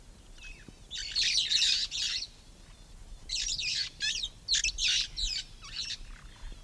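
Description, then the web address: Red-fronted parrot giving a run of rapid scratchy squawks, with a second quick, chattering series a little later. "parrots poicephalus-gulielmi"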